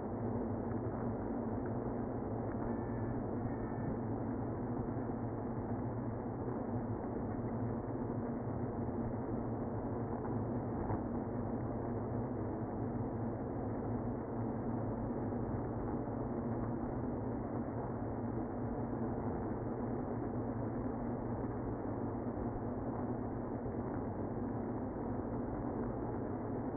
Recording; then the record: honeybee colony, microphone inside the hive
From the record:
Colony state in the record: queenless (queen removed); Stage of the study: after two queens were removed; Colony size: about 60,000 bees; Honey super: yes